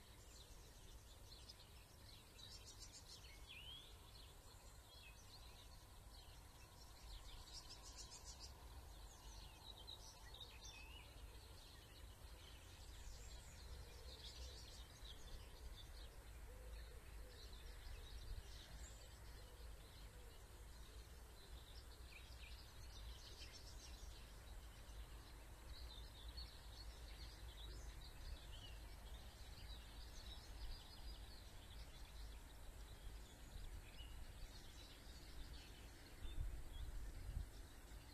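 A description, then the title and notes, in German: Outdoors by the Elbe, birds chirp and call almost continuously, their bright twitters scattered high above a steady low rumble of wind or water. The bed of sound stays even throughout, with a slightly louder disturbance near the end. Live aus der Natur von der #Elbe.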